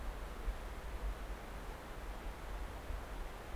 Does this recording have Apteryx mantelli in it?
no